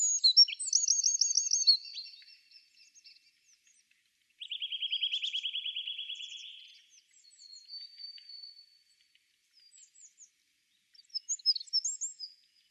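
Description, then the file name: Eurasian wren with a high trilled phrase, then a lower, steady rattling trill, a thin whistle, and later a short burst of sharp twitters. "Troglodytes troglodytes"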